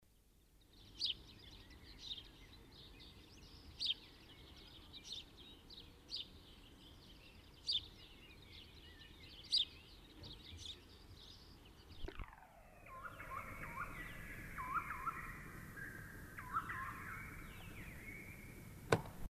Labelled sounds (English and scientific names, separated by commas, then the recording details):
House Sparrow (Passer domesticus) song, Eurasian Nuthatch (Sitta europaea)
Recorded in the wild
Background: Sitta europaea
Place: St. Martin, Appenzeller Land, Rheinland-Pfalz, DE
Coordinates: 49.3004, 8.1015
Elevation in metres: 241
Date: 1976-04-20
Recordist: Tretzel, Erwin
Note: St. Martin: Gesang